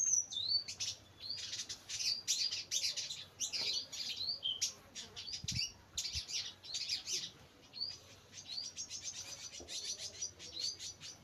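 Bird chirps: busy high-pitched twittering with interspersed short rising whistles and a faint low thump midway.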